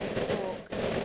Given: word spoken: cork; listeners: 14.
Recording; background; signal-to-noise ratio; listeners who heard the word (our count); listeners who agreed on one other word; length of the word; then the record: one English word in noise, from a listening test; noise modulated by three-talker babble; -6.5 dB; 0 of 14; 10 of 14; 0.65 s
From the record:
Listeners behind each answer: 10, 3, 1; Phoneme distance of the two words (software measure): 10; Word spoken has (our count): 1 syllable, 3 phonemes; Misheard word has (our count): 1 syllable, 3 phonemes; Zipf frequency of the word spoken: 3.74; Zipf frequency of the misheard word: 5.19